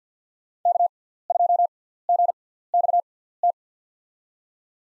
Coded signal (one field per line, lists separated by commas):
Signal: Morse code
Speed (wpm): 50 wpm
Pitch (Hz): 700 Hz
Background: none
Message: K2GXT